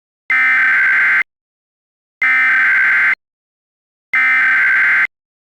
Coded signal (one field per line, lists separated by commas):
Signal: Emergency Alert System (SAME) tones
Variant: header bursts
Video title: EAS Short | The Great Shake out drill